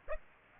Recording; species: mosquito wingbeat signal from an infrared sensor; Aedes aegypti